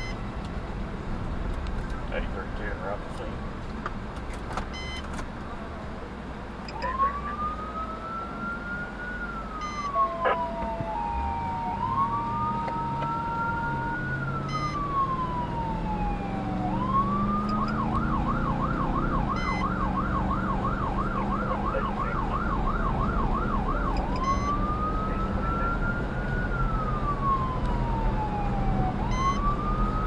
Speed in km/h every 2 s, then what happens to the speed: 45, 32, 15, 3, 2, 8, 24, 40, 55, 66, 74, 82, 89, 92, 95.
0-9 brakes to 2. 9-30 pulls away to 95.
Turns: none.